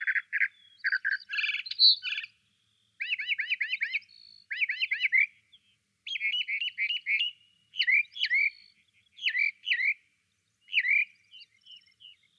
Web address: desert mockingbird solo